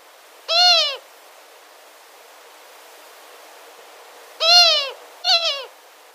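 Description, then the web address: Long-eared Owl female giving nasal, downslurred wailing calls, one near the start and a pair about four seconds later, the second of the pair shorter and broken. Female; display call. "Schulze Peter Long-eared Owl"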